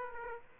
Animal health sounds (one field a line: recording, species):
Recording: mosquito wingbeat signal from an infrared sensor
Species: Aedes aegypti